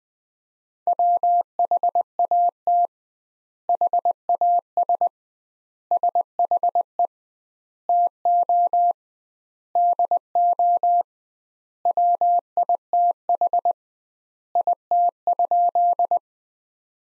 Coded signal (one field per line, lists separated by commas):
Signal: Morse code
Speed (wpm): 20 wpm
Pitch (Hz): 700 Hz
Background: none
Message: WHAT HAS SHE TO DO WITH IT?